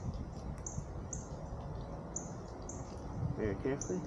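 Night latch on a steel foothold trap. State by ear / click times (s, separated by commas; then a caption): not seated / none. A night latch on a set steel foothold trap is carefully moved into position by hand. Small metallic handling taps are heard against steady outdoor background noise with bird chirps, and someone talks. Nothing has clicked or engaged yet.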